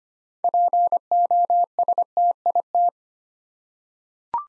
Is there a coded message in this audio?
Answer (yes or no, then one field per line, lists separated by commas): yes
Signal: Morse code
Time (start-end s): 0.4-2.9 s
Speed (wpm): 25 wpm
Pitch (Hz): 700 Hz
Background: none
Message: POSTIT